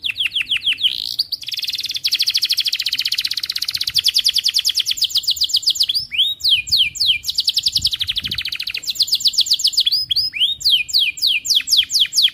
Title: Kenari Gacor Cengkok Terbaik Isian Paling Mewah